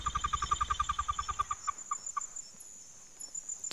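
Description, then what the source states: Pigeon calling: a fast run of short pulsed notes that slows and fades after about one and a half seconds, over a steady high hiss. Recorded by automatic scientific sound recorders.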